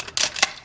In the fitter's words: kind of wrap up and lock into place then